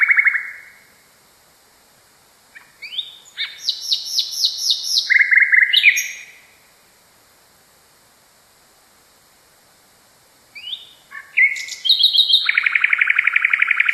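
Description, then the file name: Common nightingale delivering three song phrases separated by pauses, mixing long whistled notes, chattering trills and rapid, loud repeated pulses. Song variation. "kicauan-nightingale-a-variasi 1-omkicau"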